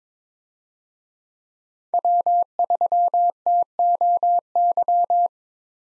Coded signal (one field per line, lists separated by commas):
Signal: Morse code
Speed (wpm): 22 wpm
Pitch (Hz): 700 Hz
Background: none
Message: W3TOY